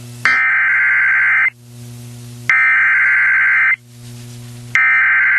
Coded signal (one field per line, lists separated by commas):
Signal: Emergency Alert System (SAME) tones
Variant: header bursts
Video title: Emergency Alert System - Severe Thunderstorm Warning On 93.7 The Super Q - July 27, 2023